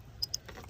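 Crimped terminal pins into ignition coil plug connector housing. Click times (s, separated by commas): 0.2 s, 0.3 s, 0.5 s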